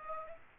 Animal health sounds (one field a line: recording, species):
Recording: mosquito wingbeat signal from an infrared sensor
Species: Aedes aegypti